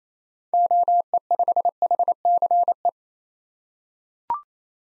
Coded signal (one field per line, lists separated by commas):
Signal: Morse code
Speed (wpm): 28 wpm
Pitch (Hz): 700 Hz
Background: none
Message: OE5HCE